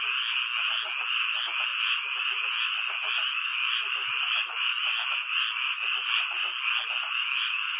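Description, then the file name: Frogs calling in a dense, unbroken chorus, a steady trilling wash that never pauses throughout. "kaeru"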